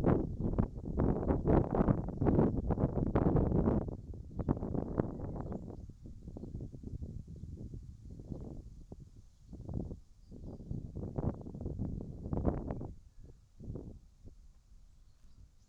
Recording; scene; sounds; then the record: everyday scene through a hearing-aid microphone; wind on the microphone; wind, whistling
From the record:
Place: in front of a rural house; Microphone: in the ear canal, right